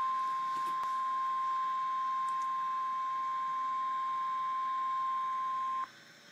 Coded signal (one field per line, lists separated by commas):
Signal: Emergency Alert System (SAME) tones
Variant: 1050 Hz attention tone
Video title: REAL EAS 393-Severe thunderstorm warning